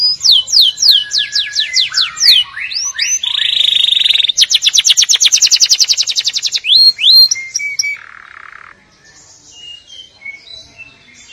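Atlantic canary song of rapid descending whistled sweeps, a steady trill, then a long fast buzzy roll, fading into softer scattered notes toward the end.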